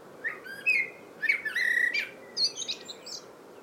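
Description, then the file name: Eurasian blackbird song: low fluted warbling notes around mid pitch, then a thin, squeaky high twitter closing the phrase. "Turdus merula"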